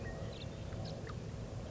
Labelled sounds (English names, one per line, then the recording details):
California Quail
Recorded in Sonoma County, California